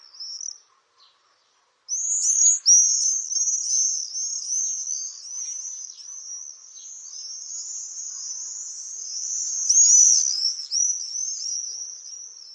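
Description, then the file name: Common swift, a brief scream, a short gap, then a long run of shrill wavering trilled screams with a louder burst near the end. "Jerzyk"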